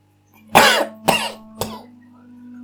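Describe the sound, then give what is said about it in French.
Three harsh, raspy coughs in quick succession, each one weaker than the last, over a faint steady low hum with no talking. “Quand tu tousses, comme ton ami Renardo a toussé, annonçant le départ de l'ancienne, mais lui c'était de poil qui l'a toussé.”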